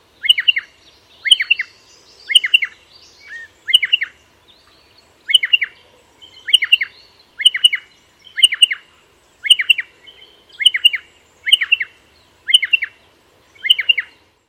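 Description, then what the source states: Striated Pardalote repeating a sharp, high, clipped multi-note call about once a second, steady throughout, over a quiet background. Recorded in Dryandra Woodland National Park, Western Australia, on Wiilman country; the call can differ slightly depending on location.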